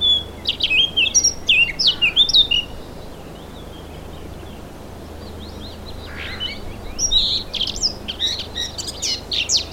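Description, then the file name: Eurasian blackcap pouring out a quick warbled phrase of high whistles, a quiet stretch, then a second lively burst of chirpy, twittering notes. "Sylvia atricapilla"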